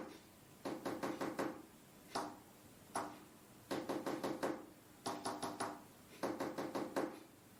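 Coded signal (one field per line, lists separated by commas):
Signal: tap code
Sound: groups of hollow knocks on a hard surface, several groups of about five taps, some single taps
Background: small quiet room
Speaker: I don't know any Morse code or anything like this the tapping okay let's play it again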